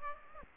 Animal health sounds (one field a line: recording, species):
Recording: mosquito wingbeat signal from an infrared sensor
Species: Aedes aegypti